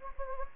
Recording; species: mosquito wingbeat signal from an infrared sensor; Anopheles gambiae